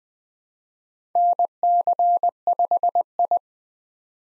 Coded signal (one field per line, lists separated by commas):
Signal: Morse code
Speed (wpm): 20 wpm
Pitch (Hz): 700 Hz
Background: none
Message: NC5I